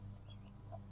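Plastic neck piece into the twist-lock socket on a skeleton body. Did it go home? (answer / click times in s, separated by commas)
no / none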